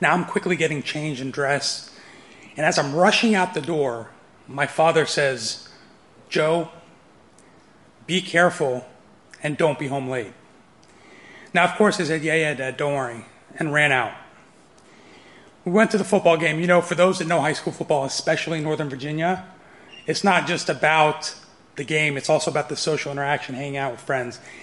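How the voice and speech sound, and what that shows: An adult man narrates fluently in a thin, slightly breathy voice: dysphonia from one paralysed vocal cord, left by a gunshot wound to the throat at age 17 that ruptured his windpipe and injured his carotid artery. He had a tracheostomy tube while recovering.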